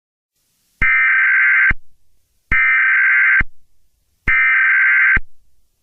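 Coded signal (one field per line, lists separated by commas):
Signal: Emergency Alert System (SAME) tones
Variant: header bursts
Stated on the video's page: Fictional EAS scenario.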